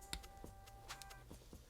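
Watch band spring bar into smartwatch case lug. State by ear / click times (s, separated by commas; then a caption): not seated / none. A watch band's spring bar pin is pushed into the lug of a Galaxy Watch 4 Classic Edition smartwatch case, making two small knocks at 0.1 s and 1.0 s against a faint steady hum. The spring bar does not snap in, and nothing has seated or clicked yet.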